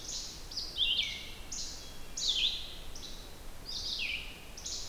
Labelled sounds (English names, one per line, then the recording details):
Red-eyed Vireo song
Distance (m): 20 m
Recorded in boreal forest in Alberta, Canada, on 29 June 2016 at 05:52
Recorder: SongMeter 3, array SBT-6-79
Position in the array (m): 120 m, 191 m